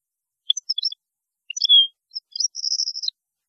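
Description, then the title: European goldfinch song: high chirps and a short slurred note, then a fast buzzy trill that ends with a dropping chip. "Chant Chardonneret"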